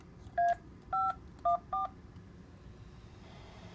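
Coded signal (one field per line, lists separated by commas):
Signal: DTMF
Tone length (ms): 130 ms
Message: 514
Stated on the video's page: Local 6-meter and west coast 10-meter repeaters received on Kenwood TS-590 and TS-2000 via remote base.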